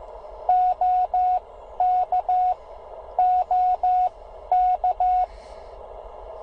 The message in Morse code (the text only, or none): OK OK